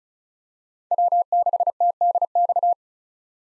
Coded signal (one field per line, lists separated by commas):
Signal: Morse code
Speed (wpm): 34 wpm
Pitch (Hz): 700 Hz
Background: none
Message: W6TDX